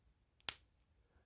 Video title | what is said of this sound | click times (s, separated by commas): MONTA Skyquest Review from Watchuseek | Nice, firm, secure lock into place. | 0.5 s